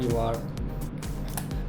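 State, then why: Seated. An interchangeable lens is mounted on a camera body: its white dot is lined up with the body's mount mark and it is rotated clockwise until it locks, with a sharp click at 1.4 s and a further brief sound at 1.5 s. Someone talks throughout, and the click shows the lens is properly seated in the mount.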